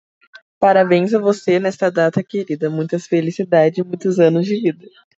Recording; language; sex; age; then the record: short text; Brazilian Portuguese; female; 18 to 19 years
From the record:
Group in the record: control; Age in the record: 19 years